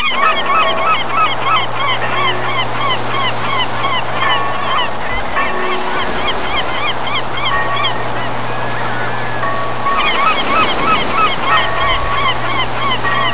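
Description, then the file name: Many gulls crying together in quick overlapping notes, briefly easing midway and then swelling again, over a constant low hum. "seagull"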